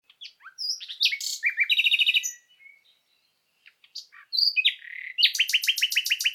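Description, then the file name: Common nightingale song with varied phrases: whistled notes, rapid rattling trills, a short silence, then a quick series of repeated metallic notes. "Luscinia megarhynchos"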